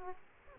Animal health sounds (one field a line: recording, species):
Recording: mosquito wingbeat signal from an infrared sensor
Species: Aedes aegypti